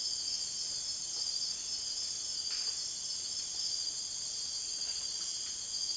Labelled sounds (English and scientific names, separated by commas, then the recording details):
none
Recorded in dense forest near Puerto Asís, Putumayo, Colombia, on 23 June 2025 at 01:00
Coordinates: 0.484, -76.325
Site H65